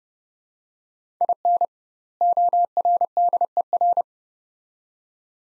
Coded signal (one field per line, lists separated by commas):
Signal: Morse code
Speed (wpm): 29 wpm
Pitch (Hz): 700 Hz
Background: none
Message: IN ORDER